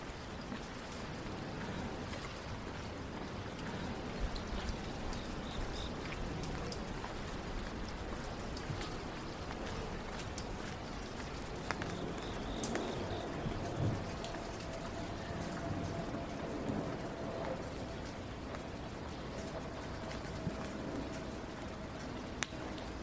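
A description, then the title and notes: A walk downtown on a rainy night: a steady, dense hiss of rain and wet traffic runs throughout at an even level. Scattered taps and small clicks come and go, and a thin whine holds from about 12 to 22 seconds. Going For A Walk Downtown on A Rainy Night.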